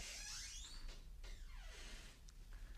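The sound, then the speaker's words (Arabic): A door creaks open with drawn-out, falling squeals of the hinges over a low rumbling hum, two long sweeping groans followed by a brief higher whine near the end. “اتفضل من هنا، افتح الباب يا مشماش”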